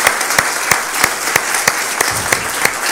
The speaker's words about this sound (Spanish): Ahora sí, un fuerte aplauso.